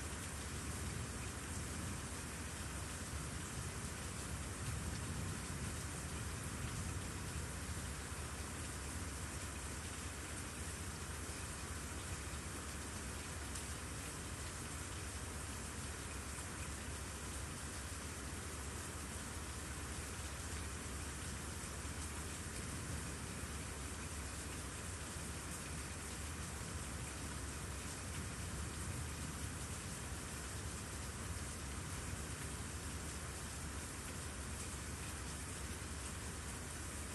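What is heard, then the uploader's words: Rain falls steadily through the night, a dense, even hiss with no breaks or changes in strength. Beneath it runs a soft low rumble, and the sound stays unchanging for the whole stretch. Cozy Rainy Night.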